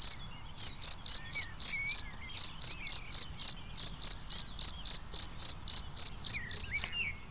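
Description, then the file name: Cricket chirping continuously in quick shrill pulses, nearly four a second, with faint whistling notes behind. "Le chant du grillon"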